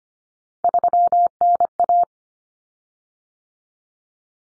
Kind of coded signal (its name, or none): Morse code